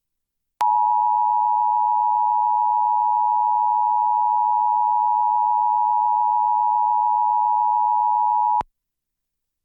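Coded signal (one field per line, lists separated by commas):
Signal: Emergency Alert System (SAME) tones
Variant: 853 and 960 Hz attention tone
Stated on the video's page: Required monthly tests relayed by NOAA weather radio station, cable system and FM station; weather radio audio recorded directly from a Reecom R-1630 weather radio.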